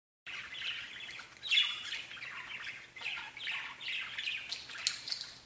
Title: Budgie Sounds